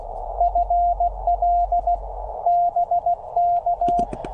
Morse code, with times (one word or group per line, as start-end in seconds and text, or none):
0.4-2.0 FL
2.5-4.0 BK